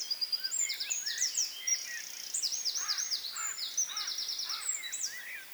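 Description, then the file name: Eurasian wren with a thin, rapid high trilling song over steady background hiss, with lower rising-falling notes from another bird. "Troglodytes troglodytes"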